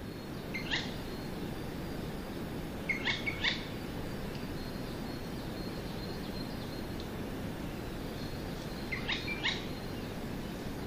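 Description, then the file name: Eurasian jay giving harsh, rasping screeches, a single call then a doubled pair and another pair near the end, over steady low background hiss. Recorded at Chichibu on 12 May 2024. "kakesu chichibu"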